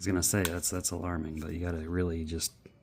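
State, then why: Not seated. The hinged plastic interior camera section on a DeerAsk 4G LTE security dash cam body is being handled and pushed up from the bottom toward its detent while someone talks throughout. Nothing has seated or snapped into place yet.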